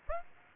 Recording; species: mosquito wingbeat signal from an infrared sensor; Aedes aegypti